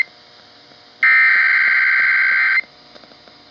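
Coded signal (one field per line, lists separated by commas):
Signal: Emergency Alert System (SAME) tones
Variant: header bursts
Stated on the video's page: Amber Alert EAS captured from a South Carolina FM broadcast station on 96.9 MHz.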